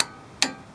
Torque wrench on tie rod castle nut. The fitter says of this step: So I set the 46, and you tighten until it clicks. Just like that.